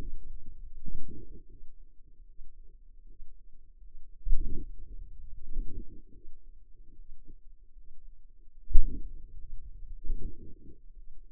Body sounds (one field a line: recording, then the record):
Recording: forearm muscle sounds (acoustic myography)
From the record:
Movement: hand opening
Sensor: system 2, bracelet of six BSWA MPA416 microphones around the upper forearm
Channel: 3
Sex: female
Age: 23 years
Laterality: right